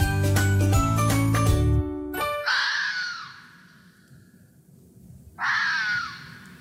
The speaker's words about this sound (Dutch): Een heftig geluid eigenlijk wel. Ja, wat is het wordt niet voor niks gebruikt in horrorfilms en spookfilms. Dan hoor je dit heel vaak. Je zit gewoon horrorfilms te kijken en ineens denk je, dat is een vos.